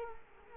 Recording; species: mosquito wingbeat signal from an infrared sensor; Culex quinquefasciatus